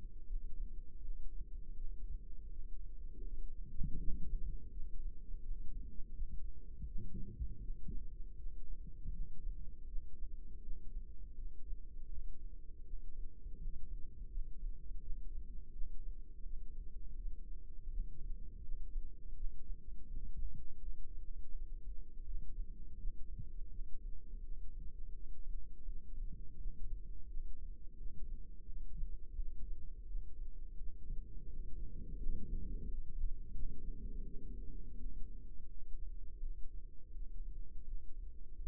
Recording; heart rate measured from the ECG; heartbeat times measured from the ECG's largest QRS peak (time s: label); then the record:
heart sounds by microphone in the left ear; 83 bpm
0.25 s: heartbeat
1.00 s: heartbeat
1.73 s: heartbeat
2.48 s: heartbeat
3.22 s: heartbeat
3.97 s: heartbeat
4.69 s: heartbeat
5.40 s: heartbeat
6.11 s: heartbeat
6.84 s: heartbeat
7.59 s: heartbeat
8.35 s: heartbeat
9.11 s: heartbeat
9.85 s: heartbeat
10.60 s: heartbeat
11.34 s: heartbeat
12.08 s: heartbeat
12.82 s: heartbeat
13.56 s: heartbeat
14.28 s: heartbeat
14.99 s: heartbeat
15.70 s: heartbeat
16.42 s: heartbeat
17.14 s: heartbeat
17.88 s: heartbeat
18.61 s: heartbeat
19.33 s: heartbeat
20.06 s: heartbeat
20.78 s: heartbeat
21.51 s: heartbeat
22.24 s: heartbeat
22.96 s: heartbeat
23.68 s: heartbeat
24.41 s: heartbeat
25.12 s: heartbeat
25.84 s: heartbeat
26.56 s: heartbeat
27.26 s: heartbeat
27.95 s: heartbeat
28.65 s: heartbeat
29.35 s: heartbeat
30.05 s: heartbeat
30.76 s: heartbeat
31.46 s: heartbeat
32.17 s: heartbeat
32.85 s: heartbeat
33.53 s: heartbeat
34.24 s: heartbeat
34.95 s: heartbeat
35.67 s: heartbeat
36.39 s: heartbeat
37.11 s: heartbeat
37.84 s: heartbeat
38.55 s: heartbeat
From the record:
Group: healthy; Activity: cold pressor test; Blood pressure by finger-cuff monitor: 171/113 mmHg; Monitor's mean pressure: 132 mmHg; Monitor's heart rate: 83 bpm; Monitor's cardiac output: 4.9 L/min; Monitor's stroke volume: 60 mL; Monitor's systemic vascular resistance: 2040 dyn s/cm5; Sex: female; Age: 51 years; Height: 162 cm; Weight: 70.04 kg